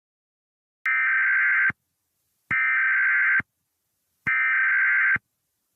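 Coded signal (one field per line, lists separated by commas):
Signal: Emergency Alert System (SAME) tones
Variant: header bursts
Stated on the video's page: Fictional EAS scenario, simulated alert that may or may not contain valid EAS tones.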